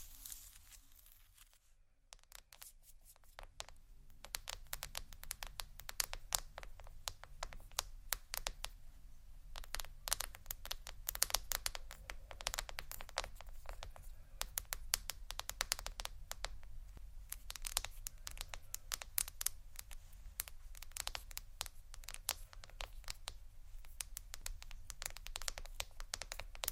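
Hard objects scratch and tap against tiles, a dense run of sharp, bright clicks and scrapes that starts after a near-silent pause of about two seconds. The strokes come fast and irregular, with a low hum underneath throughout.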